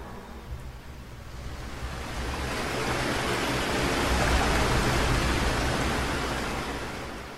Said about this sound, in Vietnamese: Nước ở hai bên mạn thuyền lại nổi gợn sóng lăn tăn lần nữa.